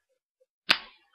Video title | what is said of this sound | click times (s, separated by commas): Ohto F-Spirit Fine review | that really Clicks in place | 0.7 s